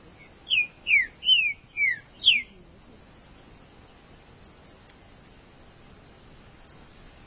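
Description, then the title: Green-winged saltator song, five loud slurred whistles falling in pitch delivered in a quick string, then mostly quiet background. "Trinca Ferro"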